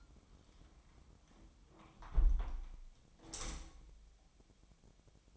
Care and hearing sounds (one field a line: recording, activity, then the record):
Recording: daily activity, microphone in the room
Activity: close window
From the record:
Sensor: 1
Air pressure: 1006.5 hPa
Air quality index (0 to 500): 210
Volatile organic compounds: 25 ppm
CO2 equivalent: 2829 ppm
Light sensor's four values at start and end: 12/32/12/14 and 11/30/11/13